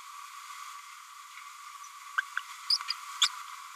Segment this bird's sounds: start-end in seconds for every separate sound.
2.17-2.21, 2.69-2.79, 2.90-2.93, 3.21-3.28